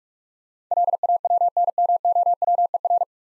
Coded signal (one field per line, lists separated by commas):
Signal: Morse code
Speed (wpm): 44 wpm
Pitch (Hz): 700 Hz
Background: none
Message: LAWNMOWER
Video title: Easy Words - Speed-Racing with Hints - 35wpm